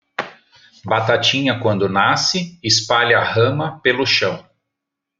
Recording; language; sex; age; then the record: short text; Brazilian Portuguese; male; 50 to 59 years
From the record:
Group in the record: control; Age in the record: 53 years